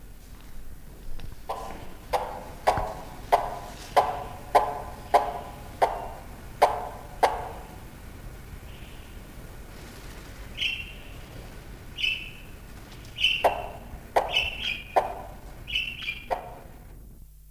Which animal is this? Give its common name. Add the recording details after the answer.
Von Der Decken's Hornbill. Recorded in captivity. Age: adult. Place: Zoo Berlin, Berlin, DE. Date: 1999-12-21 14:15. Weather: bedeckt, 0°C. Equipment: Nagra SN, Kopie Uher 4000 Report Monitor. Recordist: Tembrock, Günter